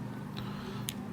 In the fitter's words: 他的肩甲呢，就是这种比较特殊的这种两个小圆点卡上去就好